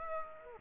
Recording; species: mosquito wingbeat signal from an infrared sensor; Aedes aegypti